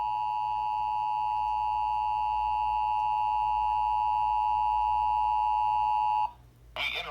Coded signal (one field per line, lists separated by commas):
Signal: Emergency Alert System (SAME) tones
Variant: 853 and 960 Hz attention tone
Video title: Weekly and Monthly test from 3/10/21 EAS#458- 460